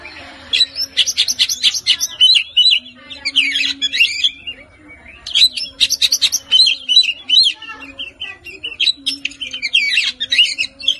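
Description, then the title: Oriental magpie-robin giving dense, chattering song bursts of rapid scratchy and whistled notes in several long runs, over a faint steady low hum. "Kacer"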